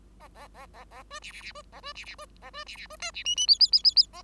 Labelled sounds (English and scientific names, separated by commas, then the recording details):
Bengalese Finch (Lonchura striata domestica) song
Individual Bird5